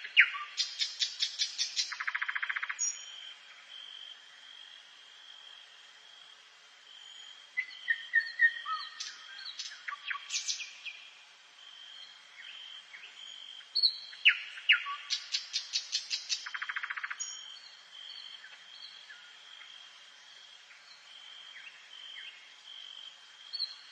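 Birds sing in a forest, with a loud bird giving rapid bursts of sharp, bright notes that end in a buzzy trill, near the start and again around 14 seconds. Softer, varied calls fill the gaps, over a steady high insect hum throughout.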